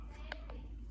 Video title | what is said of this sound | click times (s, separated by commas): I can trace my name | make sure the marker goes click you heard it click that time | 0.3 s